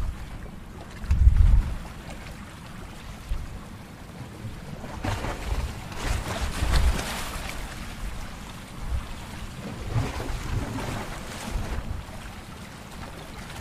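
Sea waves at Cancún wash in with a steady, rushing hiss that swells and fades in broad surges, loudest around six to seven seconds and again near ten to twelve. A low rumble runs underneath, with a heavy thump near the second second.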